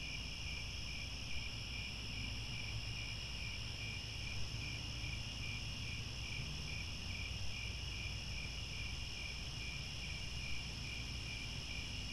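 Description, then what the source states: Chorus of crickets with evenly spaced rapid chirps and unbroken high trilling, over a persistent low background hum. Chorus of crickets at twilight as the sun sets.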